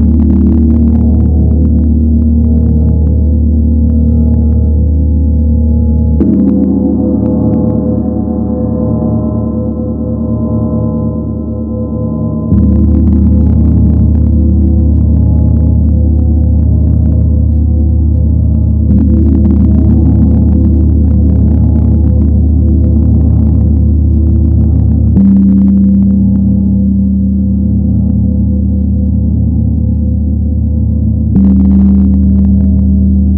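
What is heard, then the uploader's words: A gong's vibrations hum in a deep, dense, continuous wash of low tones that never fades. Fresh strikes at roughly six-second intervals, around 6, 12, 25 and 31 seconds, add a brief bright shimmer and shift the pitch of the drone. Daily gong sessions. Gong’s vibrations.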